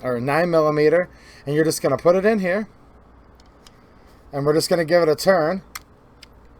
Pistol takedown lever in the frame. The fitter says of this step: and you'll kind of feel it click and the slide just starts to go home just a little bit and just barely move forward